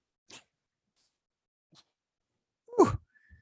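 An adult man who is a serial sneezer gives two faint hissing bursts, then one loud voiced sneeze: a short run of about three repeated sneezes.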